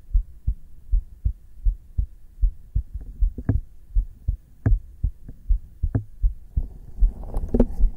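Normal heart sounds from an adult, heard through a black 3Dio binaural microphone placed on bare skin of the chest: steady low-pitched thumping beats, with some rustling toward the end.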